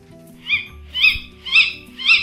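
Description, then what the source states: Tawny Owl calls: four short, high, scratchy notes repeated about every half second over a low hum. Call of the female.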